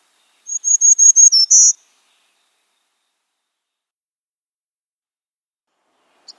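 Black-throated green warbler song: a quick run of about six short high buzzy notes ending in a longer, louder buzz, followed by several seconds of silence.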